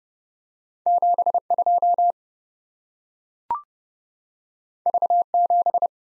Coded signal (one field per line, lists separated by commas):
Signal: Morse code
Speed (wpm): 30 wpm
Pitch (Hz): 700 Hz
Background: none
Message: 72 V7